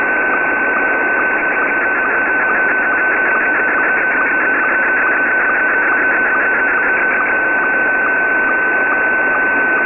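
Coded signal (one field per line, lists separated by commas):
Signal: SSTV (slow-scan television)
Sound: steady mid tone with fast regular ticking blips, about four per second, under hiss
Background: radio static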